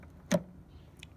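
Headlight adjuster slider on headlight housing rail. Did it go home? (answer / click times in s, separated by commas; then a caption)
released / 0.3 s. On an R56 headlight housing, a plastic headlight adjuster ball/slider, broken and being replaced, is pushed along its rail until it pops free, releasing it so the screw can be lifted out. A sharp pop is heard at 0.3 s, followed by a fainter tick near 1.0 s, and the adjuster is released from the rail.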